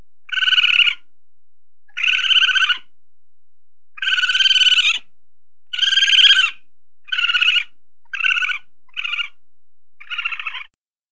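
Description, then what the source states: Raccoon chitters: eight harsh, rapidly pulsed bursts, coming closer together and fading slightly toward the end. Raccoon chittering with squeaks.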